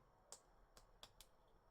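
Plastic snap-fit model kit parts are pushed together into a sub-assembly. Four sharp clicks sound at 0.3, 0.8, 1.0 and 1.2 seconds, and the parts seat fully in place.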